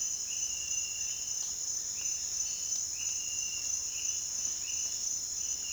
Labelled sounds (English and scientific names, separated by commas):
none